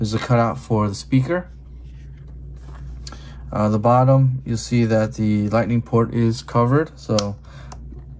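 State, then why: Seated. Someone talks while the rubber flap covering the Lightning port on the bottom of a space black Pelican Voyager case for an iPhone 14 Pro Max is let go. The flap snaps back into place with a short click at 7.7 s; it is made to snap shut so it won't tear off or be too loose.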